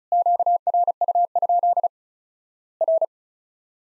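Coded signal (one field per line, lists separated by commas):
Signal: Morse code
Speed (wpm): 34 wpm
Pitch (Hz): 700 Hz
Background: none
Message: QRU? R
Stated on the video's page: Morse practice of Worked All Europe DX Contest QTC exchanges at 35 WPM; each sent in Morse, spoken, then sent again.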